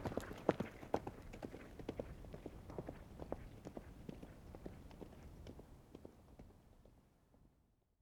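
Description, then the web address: Horse hoofbeats, dull thuds on soft ground loudest at the start, then gradually fading away to silence. Horse cantering past on dirt. "horse canter by on dirt"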